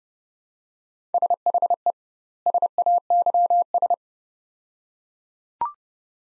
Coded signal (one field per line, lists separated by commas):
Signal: Morse code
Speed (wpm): 31 wpm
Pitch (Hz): 700 Hz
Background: none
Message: SHE SAYS